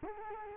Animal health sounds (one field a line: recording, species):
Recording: mosquito wingbeat signal from an infrared sensor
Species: Culex quinquefasciatus